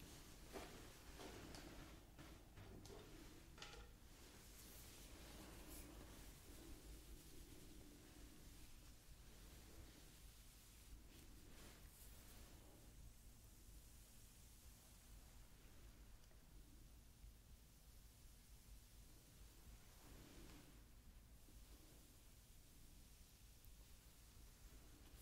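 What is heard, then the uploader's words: Hair is being played with in a continuous soft rustling hiss that stays steady and fairly dense throughout. Brighter bursts of brushing and crinkling come through around the first few seconds, near 11–12 seconds and around 20 seconds, over a constant low hum. ASMR Playing with Your Hair.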